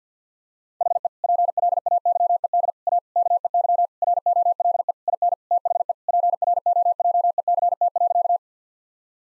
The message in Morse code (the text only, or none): HE PLAYED A KEY ROLE IN THE PROJECT.